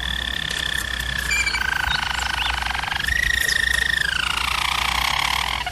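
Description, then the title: German Roller canary song, a sustained rolling trill that steps up in pitch midway and then slides lower, with a faint hum beneath. German Roller canary singing, for canary training. "German Roller Canary Singing - Canary Training Vid"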